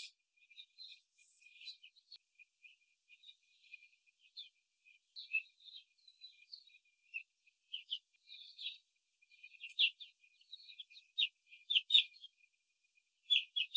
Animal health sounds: young laying hens in a cage, short pieces joined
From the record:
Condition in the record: control cage, after the stress test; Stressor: none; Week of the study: 4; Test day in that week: 3

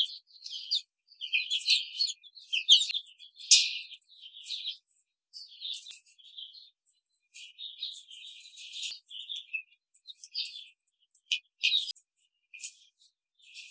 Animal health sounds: young laying hens in a cage, short pieces joined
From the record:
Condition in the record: control cage, after the stress test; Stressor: none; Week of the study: 5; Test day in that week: 1

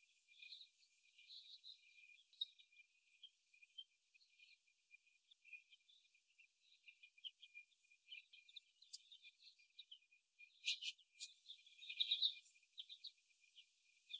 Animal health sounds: young laying hens in a cage, short pieces joined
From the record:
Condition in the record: before the stressor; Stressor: simulated dog barking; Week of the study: 1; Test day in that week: 1

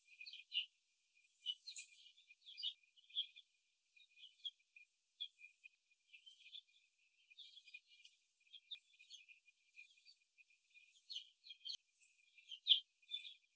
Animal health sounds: young laying hens in a cage, short pieces joined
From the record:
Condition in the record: after the stressor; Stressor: simulated dog barking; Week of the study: 2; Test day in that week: 2

